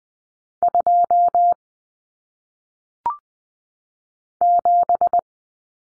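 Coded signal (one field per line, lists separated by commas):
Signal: Morse code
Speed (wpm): 20 wpm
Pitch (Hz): 700 Hz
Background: none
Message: 2 7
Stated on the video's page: Morse drill of common single-digit cut numbers at 20 wpm for head-copy practice.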